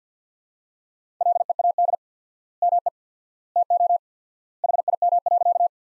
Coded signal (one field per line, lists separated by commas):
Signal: Morse code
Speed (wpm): 50 wpm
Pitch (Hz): 700 Hz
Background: none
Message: LEAD ME TO HIM.